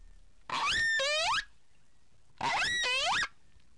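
Whale calls: two calls about two seconds apart, each roughly a second long, a rich harmonic tone that dips and then sweeps upward.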